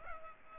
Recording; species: mosquito wingbeat signal from an infrared sensor; Culex pipiens